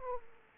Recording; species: mosquito wingbeat signal from an infrared sensor; Aedes aegypti